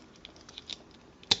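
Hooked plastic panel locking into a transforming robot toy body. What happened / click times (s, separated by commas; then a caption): The plastic panel hook snapped into its locking slot / 1.3 s. Hooked plastic panels on a Transformers Robots in Disguise Thunderhoof Warrior Class transforming robot toy are swung up and pressed into their locking slot during the change from vehicle to robot mode. Light plastic ticks and handling clicks lead up to a sharp, loud plastic snap at 1.3 s. The hook locks into place nice and firm, and someone talks about it.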